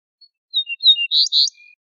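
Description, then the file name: Ortolan bunting song phrase: several separate high whistled notes, then two louder buzzy notes, fading into a faint low trill, with silence around. "suara kicauan ortolan"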